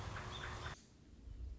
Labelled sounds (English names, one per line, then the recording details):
American Robin
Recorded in Sonoma County, California